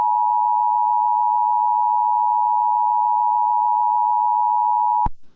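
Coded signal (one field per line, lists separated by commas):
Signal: Emergency Alert System (SAME) tones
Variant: 853 and 960 Hz attention tone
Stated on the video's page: Fictional meltdown scenario with evacuation.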